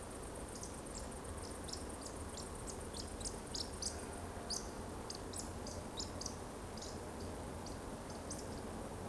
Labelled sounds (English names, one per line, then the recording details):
Eurasian Woodcock chase call
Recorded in Baden-Württemberg, Germany, on 23 June 2020 at 20:34 UTC
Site 14569, 102 m above sea level